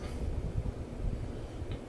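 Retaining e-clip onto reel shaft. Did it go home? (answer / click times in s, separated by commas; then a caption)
no / none. During servicing of a Daiwa Great Lakes 47LC line counter level wind reel, the washer is placed and the retaining e-clip is picked up and lined up on the reel shaft, ready to be pushed home. A steady low rumble runs throughout, with faint handling rustles near 0.1 s and 1.7 s. Nothing has clicked or seated yet.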